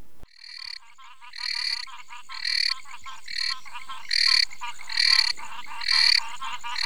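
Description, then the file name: Tournier's ridged frog giving short bright pulsed calls about once a second, growing louder, over a background of soft rapid clicking. "Ptychadena tournieri"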